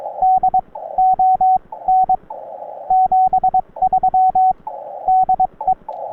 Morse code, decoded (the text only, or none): D ON 73 DE